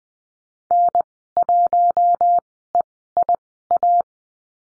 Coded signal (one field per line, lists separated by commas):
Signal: Morse code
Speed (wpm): 20 wpm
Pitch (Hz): 700 Hz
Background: none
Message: N1EIA